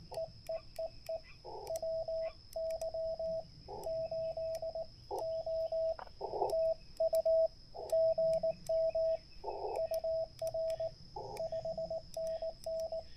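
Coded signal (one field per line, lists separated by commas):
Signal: Morse code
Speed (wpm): 18 wpm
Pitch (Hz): 650 Hz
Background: radio noise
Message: EEEE WY8O TU GM UR 5NN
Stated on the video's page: Parks on the Air CW activation, using a portable vertical antenna for 40m to 6m with a tuner.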